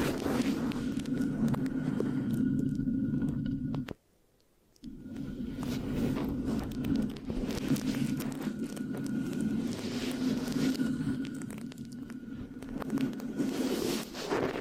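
Steady scratching and sticky rubbing on a microphone, with a dense low hum of friction and frequent crackling, tapping clicks throughout. Near the four-second mark the sound cuts out completely for about a second, then resumes at a similar level until the end.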